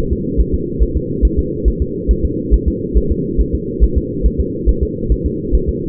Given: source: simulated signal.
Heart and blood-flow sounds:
fetal heart sounds
0.12 s: S2
0.41 s: S1
0.54 s: S2
0.83 s: S1
0.97 s: S2
1.25 s: S1
1.39 s: S2
1.68 s: S1
1.82 s: S2
2.11 s: S1
2.25 s: S2
2.54 s: S1
2.68 s: S2
2.97 s: S1
3.12 s: S2
3.41 s: S1
3.55 s: S2
3.84 s: S1
3.98 s: S2
4.26 s: S1
4.40 s: S2
4.69 s: S1
4.83 s: S2
5.12 s: S1
5.26 s: S2
5.55 s: S1
5.69 s: S2
From the record:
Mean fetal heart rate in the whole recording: 140 bpm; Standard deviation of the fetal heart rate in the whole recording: 2 bpm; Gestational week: 34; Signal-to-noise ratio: -6.6 dB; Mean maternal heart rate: 72 bpm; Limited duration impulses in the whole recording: present

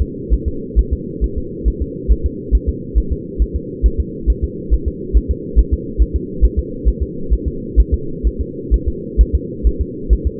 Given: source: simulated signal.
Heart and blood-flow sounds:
fetal heart sounds
0.02 s: S2
0.33 s: S1
0.48 s: S2
0.79 s: S1
0.93 s: S2
1.24 s: S1
1.38 s: S2
1.68 s: S1
1.82 s: S2
2.12 s: S1
2.26 s: S2
2.55 s: S1
2.69 s: S2
2.98 s: S1
3.12 s: S2
3.42 s: S1
3.56 s: S2
3.86 s: S1
4.00 s: S2
4.30 s: S1
4.44 s: S2
4.73 s: S1
4.88 s: S2
5.17 s: S1
5.31 s: S2
5.59 s: S1
5.73 s: S2
6.02 s: S1
6.16 s: S2
6.44 s: S1
6.59 s: S2
6.88 s: S1
7.03 s: S2
7.33 s: S1
7.48 s: S2
7.80 s: S1
7.94 s: S2
8.27 s: S1
8.41 s: S2
8.74 s: S1
8.88 s: S2
9.21 s: S1
9.35 s: S2
9.67 s: S1
9.81 s: S2
10.13 s: S1
10.27 s: S2
From the record:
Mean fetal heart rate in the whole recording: 135 bpm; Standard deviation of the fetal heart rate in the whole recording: 3 bpm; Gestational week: 34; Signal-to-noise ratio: -4.3 dB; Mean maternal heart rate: 72 bpm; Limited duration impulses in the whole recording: absent

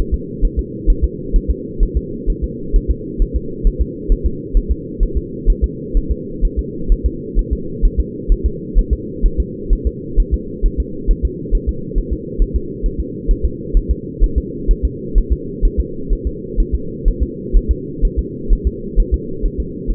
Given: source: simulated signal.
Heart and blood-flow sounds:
fetal heart sounds
0.14 s: S2
0.45 s: S1
0.59 s: S2
0.90 s: S1
1.04 s: S2
1.36 s: S1
1.50 s: S2
1.83 s: S1
1.97 s: S2
2.30 s: S1
2.44 s: S2
2.76 s: S1
2.91 s: S2
3.22 s: S1
3.36 s: S2
3.67 s: S1
3.81 s: S2
4.12 s: S1
4.26 s: S2
4.57 s: S1
4.71 s: S2
5.03 s: S1
5.17 s: S2
5.50 s: S1
5.64 s: S2
5.97 s: S1
6.12 s: S2
6.45 s: S1
6.59 s: S2
6.92 s: S1
7.06 s: S2
7.39 s: S1
7.53 s: S2
7.85 s: S1
8.00 s: S2
8.32 s: S1
8.46 s: S2
8.79 s: S1
8.93 s: S2
9.26 s: S1
9.40 s: S2
9.73 s: S1
9.87 s: S2
10.20 s: S1
10.34 s: S2
10.66 s: S1
10.80 s: S2
11.11 s: S1
11.25 s: S2
11.55 s: S1
11.69 s: S2
11.98 s: S1
12.13 s: S2
12.42 s: S1
12.56 s: S2
12.86 s: S1
13.00 s: S2
13.31 s: S1
13.45 s: S2
13.77 s: S1
13.91 s: S2
14.24 s: S1
14.38 s: S2
14.71 s: S1
14.85 s: S2
15.18 s: S1
15.32 s: S2
15.65 s: S1
15.80 s: S2
16.13 s: S1
16.27 s: S2
16.60 s: S1
16.74 s: S2
17.08 s: S1
17.23 s: S2
17.56 s: S1
17.71 s: S2
18.05 s: S1
18.19 s: S2
18.53 s: S1
18.67 s: S2
19.00 s: S1
19.14 s: S2
19.46 s: S1
19.60 s: S2
19.91 s: S1
From the record:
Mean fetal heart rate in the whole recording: 130 bpm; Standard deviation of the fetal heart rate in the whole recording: 4 bpm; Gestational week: 38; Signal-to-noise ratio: -4.3 dB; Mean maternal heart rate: 72 bpm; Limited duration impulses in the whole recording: absent

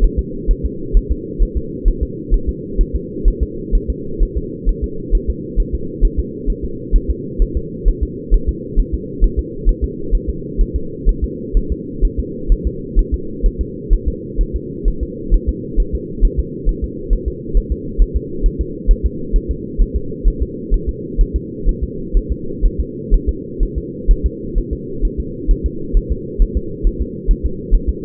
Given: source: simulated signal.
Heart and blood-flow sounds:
fetal heart sounds
0.04 s: S1
0.19 s: S2
0.51 s: S1
0.65 s: S2
0.97 s: S1
1.12 s: S2
1.43 s: S1
1.57 s: S2
1.88 s: S1
2.03 s: S2
2.34 s: S1
2.49 s: S2
2.81 s: S1
2.95 s: S2
3.28 s: S1
3.43 s: S2
3.75 s: S1
3.90 s: S2
4.23 s: S1
4.37 s: S2
4.69 s: S1
4.84 s: S2
5.15 s: S1
5.30 s: S2
5.60 s: S1
5.75 s: S2
6.05 s: S1
6.19 s: S2
6.50 s: S1
6.65 s: S2
6.96 s: S1
7.10 s: S2
7.42 s: S1
7.57 s: S2
7.88 s: S1
8.03 s: S2
8.34 s: S1
8.49 s: S2
8.79 s: S1
8.94 s: S2
9.24 s: S1
9.39 s: S2
9.69 s: S1
9.84 s: S2
10.15 s: S1
10.29 s: S2
10.61 s: S1
10.76 s: S2
11.09 s: S1
11.24 s: S2
11.57 s: S1
11.72 s: S2
12.05 s: S1
12.20 s: S2
12.52 s: S1
12.67 s: S2
12.99 s: S1
13.14 s: S2
13.46 s: S1
13.61 s: S2
13.93 s: S1
14.08 s: S2
14.41 s: S1
14.56 s: S2
14.88 s: S1
15.03 s: S2
15.34 s: S1
15.49 s: S2
15.80 s: S1
15.95 s: S2
16.25 s: S1
16.39 s: S2
16.69 s: S1
16.84 s: S2
17.13 s: S1
17.28 s: S2
17.57 s: S1
17.72 s: S2
18.02 s: S1
18.16 s: S2
18.46 s: S1
18.61 s: S2
18.91 s: S1
19.06 s: S2
19.36 s: S1
19.51 s: S2
19.82 s: S1
19.96 s: S2
20.28 s: S1
20.42 s: S2
20.74 s: S1
20.89 s: S2
21.21 s: S1
21.36 s: S2
21.69 s: S1
21.84 s: S2
22.17 s: S1
22.32 s: S2
22.66 s: S1
22.80 s: S2
23.14 s: S1
23.29 s: S2
23.63 s: S1
23.78 s: S2
24.11 s: S1
24.26 s: S2
24.58 s: S1
24.73 s: S2
25.05 s: S1
25.20 s: S2
25.51 s: S1
25.66 s: S2
25.97 s: S1
26.12 s: S2
26.42 s: S1
26.57 s: S2
26.87 s: S1
27.02 s: S2
27.31 s: S1
27.46 s: S2
27.75 s: S1
27.89 s: S2
From the record:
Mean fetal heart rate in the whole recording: 130 bpm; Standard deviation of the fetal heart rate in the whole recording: 4 bpm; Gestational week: 38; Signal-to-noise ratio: -4.3 dB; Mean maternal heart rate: 72 bpm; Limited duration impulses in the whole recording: absent

